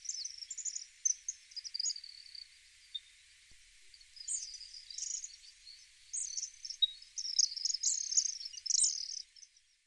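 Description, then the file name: White-throated needletail chatter: high-pitched squeaky notes in irregular clusters with short pauses between bursts, fading at the end. Recorded in Tsuruoka on 21 June 2025. "harioamatsubame 20250621 tsuruoka"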